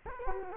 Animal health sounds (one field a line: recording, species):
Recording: mosquito wingbeat signal from an infrared sensor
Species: Culex quinquefasciatus